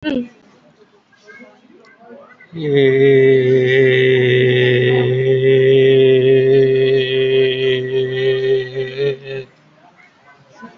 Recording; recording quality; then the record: sustained vowel as in made; excellent, no background noise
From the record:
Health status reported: COVID-19 positive, mild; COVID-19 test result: positive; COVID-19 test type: RT-PCR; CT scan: taken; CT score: 3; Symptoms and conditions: cough, cold, fever, loss of smell and taste, hypertension, diabetes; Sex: male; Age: 52 years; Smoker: no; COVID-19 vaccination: both doses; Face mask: not worn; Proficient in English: yes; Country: India